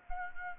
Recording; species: mosquito wingbeat signal from an infrared sensor; Anopheles gambiae